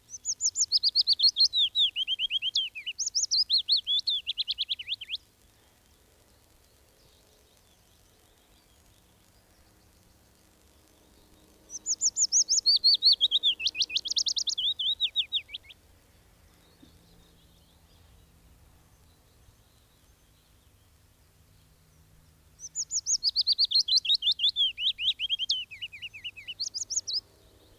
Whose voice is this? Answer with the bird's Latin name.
Phylloscopus trochilus